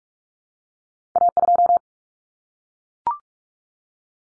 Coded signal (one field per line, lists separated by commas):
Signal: Morse code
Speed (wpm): 44 wpm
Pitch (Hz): 700 Hz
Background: none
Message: A2